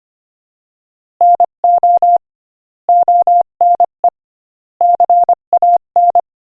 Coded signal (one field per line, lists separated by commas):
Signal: Morse code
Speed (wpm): 25 wpm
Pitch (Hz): 700 Hz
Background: none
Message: NO ONE CAN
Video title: Morse Code Practice: 25 wpm Inspirational Quote 14